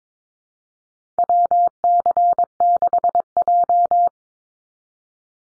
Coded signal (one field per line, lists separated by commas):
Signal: Morse code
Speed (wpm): 22 wpm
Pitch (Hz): 700 Hz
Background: none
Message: WC6J